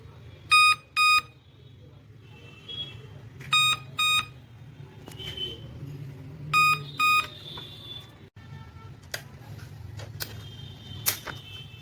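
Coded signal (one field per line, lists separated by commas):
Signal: beep code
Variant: laptop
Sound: two short high beeps, repeated three times with pauses, plus faint clicks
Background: room noise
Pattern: 2 short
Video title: laptop beep sound problem solved _ beep beep problem in laptop #techshyam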